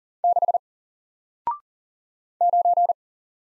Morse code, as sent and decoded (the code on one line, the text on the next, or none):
-.... / ----.
6 9